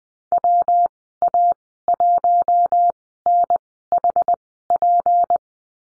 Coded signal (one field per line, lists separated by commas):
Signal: Morse code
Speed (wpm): 20 wpm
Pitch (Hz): 700 Hz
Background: none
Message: WA1NHP